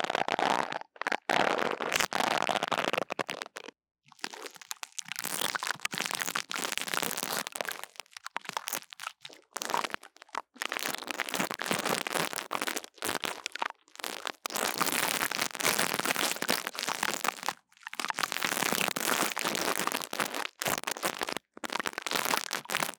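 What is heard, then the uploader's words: A mini microphone is scratched and tapped, producing dense, crackling, crinkly noise that runs in bursts of a few seconds. Sharp gaps of silence break it up irregularly, about every two to four seconds, with brief sharp taps between the longer scratching stretches. 刺痛觸發迷你麥克風. Tingles With Mini Mic Tapping & Scratching. NO Talking.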